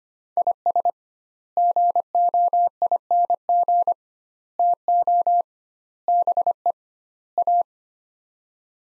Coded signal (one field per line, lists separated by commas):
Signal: Morse code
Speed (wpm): 25 wpm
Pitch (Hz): 700 Hz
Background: none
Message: IS GOING TO BE A